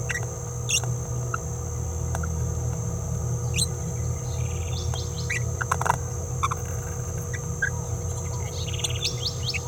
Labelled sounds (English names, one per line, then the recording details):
Green-rumped Parrotlet babbling
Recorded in a nest box in Venezuela
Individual 18B17A3